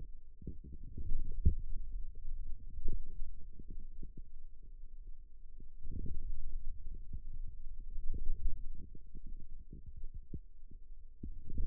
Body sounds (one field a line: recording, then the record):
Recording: forearm muscle sounds (acoustic myography)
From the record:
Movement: ulnar deviation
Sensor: system 2, bracelet of six BSWA MPA416 microphones around the upper forearm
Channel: 2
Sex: male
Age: 22 years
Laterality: right